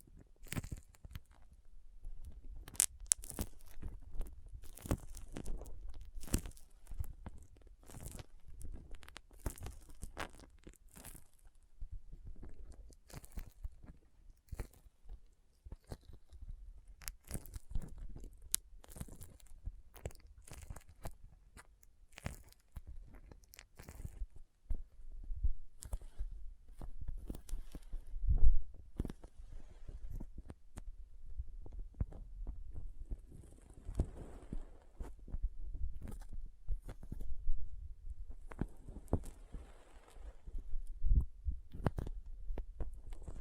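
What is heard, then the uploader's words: Soft, sticky, squishy crinkling and cutting sounds come in dense, irregular crunches and tearing snaps, with a louder pop near 28 seconds. Soft Squishy Sticky, Crinkle, Cutting Sounds.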